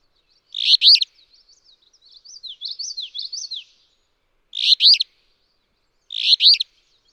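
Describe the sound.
Alder flycatcher repeating a harsh, buzzy two-note phrase three times, with a thin, warbling series from another bird between the first two.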